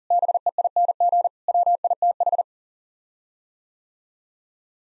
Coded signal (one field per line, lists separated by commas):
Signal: Morse code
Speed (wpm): 40 wpm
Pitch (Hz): 700 Hz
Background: none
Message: BEING WITH